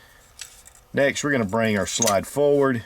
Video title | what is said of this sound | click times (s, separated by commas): Colt Combat Commander 1911 Review : Classic | Your slide release locks into place. | 0.4 s